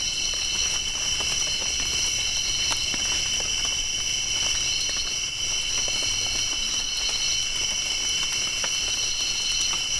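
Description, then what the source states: Crickets keeping up an unbroken, shrill multi-voiced trill while raindrops patter irregularly in the background. Crickets recorded with raindrops falling.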